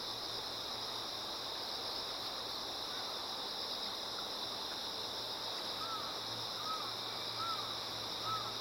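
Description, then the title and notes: Insect chorus holds a continuous high trill while a stream rushes; a few short, arched notes repeat near the end. Insects singing in chorus beside a slowly flowing river. "流れる川の音、虫の歌声に身を任せて. 川がゆっくり流れる音にのせて、虫たちが合唱する"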